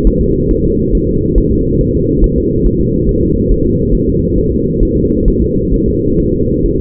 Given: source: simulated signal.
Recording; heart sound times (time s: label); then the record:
fetal heart sounds
0.07 s: S1
0.21 s: S2
0.51 s: S1
0.65 s: S2
0.95 s: S1
1.09 s: S2
1.38 s: S1
1.52 s: S2
1.81 s: S1
1.95 s: S2
2.24 s: S1
2.38 s: S2
2.66 s: S1
2.80 s: S2
3.09 s: S1
3.23 s: S2
3.52 s: S1
3.66 s: S2
3.95 s: S1
4.09 s: S2
4.38 s: S1
4.52 s: S2
4.83 s: S1
4.97 s: S2
5.28 s: S1
5.42 s: S2
5.74 s: S1
5.88 s: S2
6.20 s: S1
6.34 s: S2
6.66 s: S1
6.80 s: S2
From the record:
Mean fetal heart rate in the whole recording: 135 bpm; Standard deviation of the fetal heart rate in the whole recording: 3 bpm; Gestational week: 36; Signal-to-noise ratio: -14.7 dB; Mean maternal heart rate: 72 bpm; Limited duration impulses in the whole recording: present